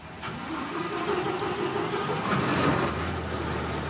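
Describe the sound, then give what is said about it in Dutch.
A police patrol boat's engine runs steadily on patrol along the coast at Algeciras, with a low rumbling hum and a broad wash of noise, the drone shifting slightly in pitch partway through. No one speaks. “En die politie die patrouilleert daar dan ook elke dag langs de kust met auto's en boten. En met zo'n patrouille in El Gaciras mocht ik meevaren.”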